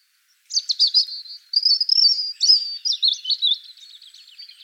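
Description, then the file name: European robin song: high, thin whistled notes flowing into a rippling, trilled warble with quick fluttering notes toward the end. "Erithacus rubecula"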